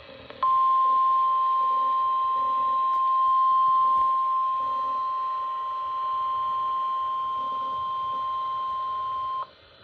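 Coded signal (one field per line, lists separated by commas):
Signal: Emergency Alert System (SAME) tones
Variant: 1050 Hz attention tone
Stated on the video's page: Required Weekly Test SAME tones on NOAA weather radio transmitter WXL70.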